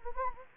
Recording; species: mosquito wingbeat signal from an infrared sensor; Anopheles gambiae